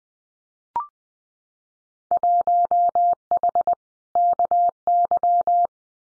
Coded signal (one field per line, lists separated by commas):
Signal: Morse code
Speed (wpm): 20 wpm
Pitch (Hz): 700 Hz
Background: none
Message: 1H KY